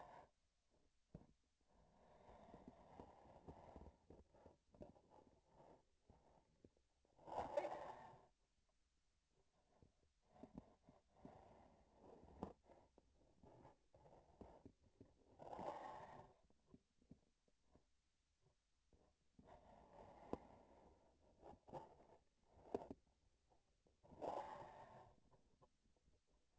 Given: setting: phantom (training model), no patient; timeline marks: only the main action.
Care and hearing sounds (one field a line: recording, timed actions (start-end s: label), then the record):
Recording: laparoscopic instrument, vibration sensor on the handle end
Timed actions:
4.68-6.71 s: palpation
13.15-14.82 s: palpation
21.17-23.06 s: palpation
From the record:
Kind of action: gesture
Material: synthetic tissue